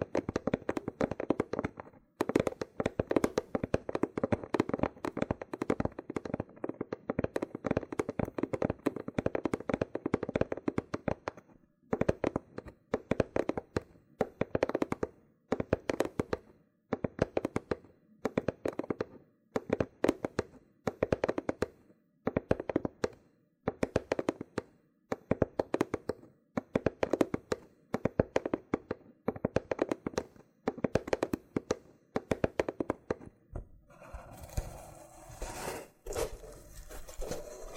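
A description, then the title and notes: A loofah is handled, with dense crackling and peeling sounds that come in rapid bursts separated by brief silences. The popping is crisp and bright, steady through most of the clip, then thins to a softer rustle near the end. ASMR Oddly Satisfying Loofah Triggers with Intense Peeling & Popping Sounds (No Talking).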